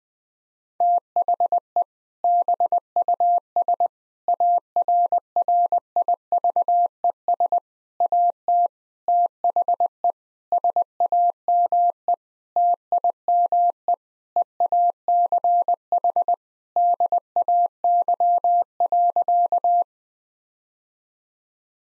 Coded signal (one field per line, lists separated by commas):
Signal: Morse code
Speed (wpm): 20 wpm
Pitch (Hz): 700 Hz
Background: none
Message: THE BUS ARRIVES AT THE SAME TIME EACH DAY.